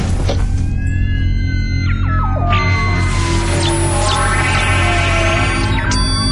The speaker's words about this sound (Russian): Наступившую на месте аварии тишину нарушил скрип открывающейся дверцы. Полуоглушенный Кортес вывалился из разбитого джипа и поднял автомат.